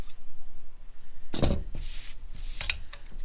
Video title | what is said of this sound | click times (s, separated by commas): LICHAMP folding 6 in 1 BBQ Multi Tool - Assembly, Disassembly, Review | with this guy this guy slides open but he clicks he clicks in place you hear that | 2.6 s, 2.7 s